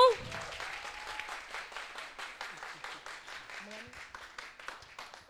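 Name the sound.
audience applause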